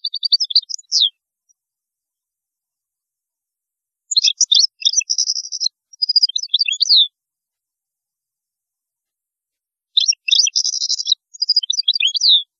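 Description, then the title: European goldfinch song in three bursts of fast tinkling, buzzy twitters with slurred downward-sweeping notes, separated by pauses of a few seconds. "Chant Chardonneret"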